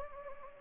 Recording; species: mosquito wingbeat signal from an infrared sensor; Anopheles gambiae